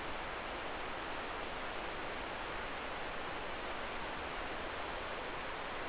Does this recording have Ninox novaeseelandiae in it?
no